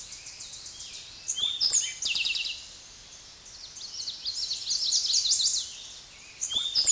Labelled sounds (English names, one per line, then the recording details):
Eastern Towhee song
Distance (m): 5 m
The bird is about 5 m above the microphone
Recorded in a Pennsylvania forest on 16 May 2024 at 06:03
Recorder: AudioMoth, point MSD-0627
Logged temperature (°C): 14.8 °C
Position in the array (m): 109 m, 6 m